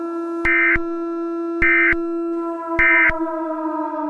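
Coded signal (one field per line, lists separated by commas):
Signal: Emergency Alert System (SAME) tones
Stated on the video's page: Fictional EAS mini scenario.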